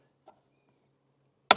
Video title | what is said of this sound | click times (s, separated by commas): 2024+ Hyundai i30 Cabin Filter Swap - Save Money DIY | then you hear it click into place, and | 1.5 s